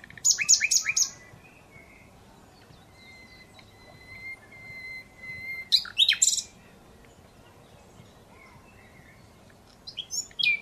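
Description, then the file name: Common Nightingale singing separate phrases: a fast burst of rattling notes, a long sustained pure whistle, then more sharp staccato bursts, with quiet pauses between. "Luscinia megarhynchos"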